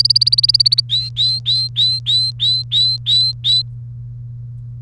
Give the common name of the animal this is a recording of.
Domestic Canary